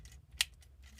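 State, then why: Seated. A plastic foot on a transforming toy figure's leg is brought down into its locked position. It snaps shut with a sharp, bright click at 0.4 s, with only faint handling sounds around it. The foot joint is locked in place.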